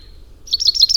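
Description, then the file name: Common chaffinch song fragment: a brisk run of high, chipping notes repeated rapidly for about half a second. "Fringilla coelebs"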